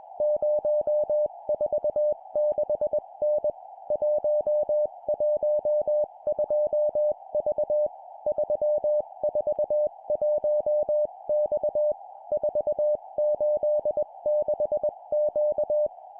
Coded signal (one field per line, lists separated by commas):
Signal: Morse code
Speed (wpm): 21 wpm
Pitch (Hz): 600 Hz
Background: music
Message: 046N 112V 341X 486Q